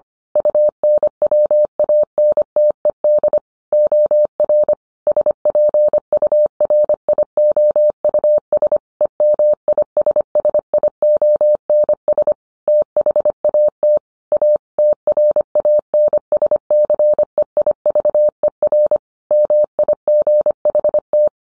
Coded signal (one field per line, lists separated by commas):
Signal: Morse code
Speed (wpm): 25 wpm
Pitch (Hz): 600 Hz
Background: none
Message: UNWANTED OR SPURIOUS EMISSIONS THAT A TRANSCEIVER MIGHT